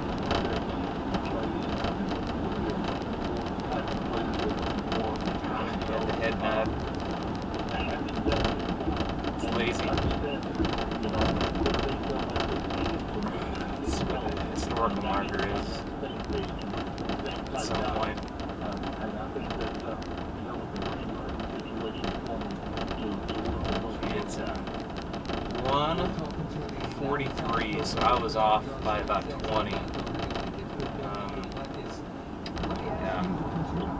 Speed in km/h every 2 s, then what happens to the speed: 101, 98, 97, 93, 92, 90, 87, 85, 82, 81, 79, 79, 76, 72, 71, 69, 68.
0-34 slows to 68.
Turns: none.